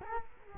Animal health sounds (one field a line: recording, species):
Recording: mosquito wingbeat signal from an infrared sensor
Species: Culex quinquefasciatus